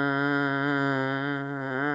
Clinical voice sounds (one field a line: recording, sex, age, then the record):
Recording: sustained vowel /a/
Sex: female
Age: 70 to 79 years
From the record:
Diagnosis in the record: amyotrophic lateral sclerosis, bulbar signs present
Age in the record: 70 years